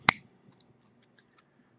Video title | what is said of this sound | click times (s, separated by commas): Chainmail Speedweaving : Raw+1 method. | I love that little clicking sound. | 0.1 s